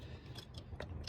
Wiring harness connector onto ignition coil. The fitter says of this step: Always a good time. There's the click.